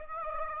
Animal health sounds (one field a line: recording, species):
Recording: mosquito wingbeat signal from an infrared sensor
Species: Aedes aegypti